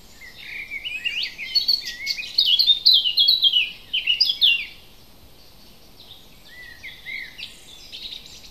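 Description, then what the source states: Bird song: a high, hurried twittering warble of scratchy notes for several seconds, a pause, then a shorter softer phrase; light background hiss. Native hedge bird recorded in May.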